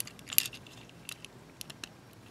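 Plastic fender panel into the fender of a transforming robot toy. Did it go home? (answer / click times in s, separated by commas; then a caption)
yes / 0.4 s. A plastic fender panel on a transforming robot toy is lined up with the rest of the fender and pushed until it pops into place. A sharp snap at 0.4 s stands out above faint plastic clicks and handling ticks, and the piece is seated.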